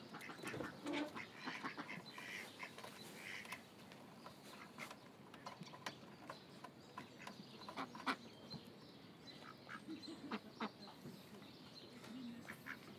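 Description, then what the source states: Duck calls, scattered soft quacks among clicks. Ducks at Lagoa das Furnas; binaural.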